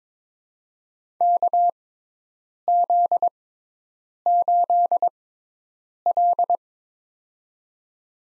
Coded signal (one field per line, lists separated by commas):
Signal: Morse code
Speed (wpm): 22 wpm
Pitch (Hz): 700 Hz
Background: none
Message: KZ8L